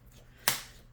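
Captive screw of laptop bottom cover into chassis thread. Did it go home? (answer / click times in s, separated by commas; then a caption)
yes / 0.5 s. A captive screw on the plastic bottom cover of a Dell Inspiron 3502 laptop is twisted backwards until it drops into the start of the chassis thread, ready to be tightened. A single sharp, bright click sounds at 0.5 s over a quiet low hum and fades within about a quarter second. The screw has seated in the thread.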